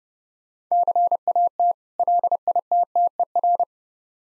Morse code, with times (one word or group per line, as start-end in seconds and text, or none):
0.7-1.7 CAT
2.0-3.6 LITTER